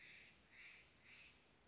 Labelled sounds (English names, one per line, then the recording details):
Steller's Jay
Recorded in Sonoma County, California